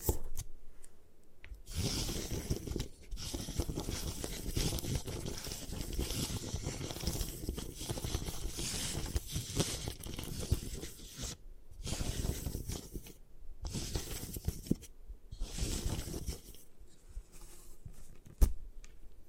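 Gym chalk gets crushed and ground in dense, gritty scraping and crunching bursts broken by short silences, ending with a sharp snap near the end.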